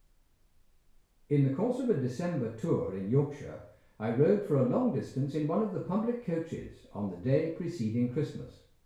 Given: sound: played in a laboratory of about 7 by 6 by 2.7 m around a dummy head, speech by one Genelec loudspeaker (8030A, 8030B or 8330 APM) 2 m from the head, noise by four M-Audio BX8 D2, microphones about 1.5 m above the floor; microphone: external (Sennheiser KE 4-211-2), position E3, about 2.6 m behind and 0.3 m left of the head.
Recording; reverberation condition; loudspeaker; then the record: male speech in English; medium; behind (180 degrees)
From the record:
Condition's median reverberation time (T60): about 510 ms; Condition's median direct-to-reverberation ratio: about -0.5 dB